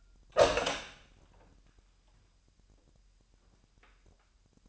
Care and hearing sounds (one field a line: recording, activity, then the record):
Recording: daily activity, microphone in the room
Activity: open door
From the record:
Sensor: 2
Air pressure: 998.2 hPa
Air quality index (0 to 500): 144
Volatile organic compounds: 4 ppm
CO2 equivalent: 1635 ppm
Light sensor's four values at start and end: 11/34/13/13 and 11/34/13/13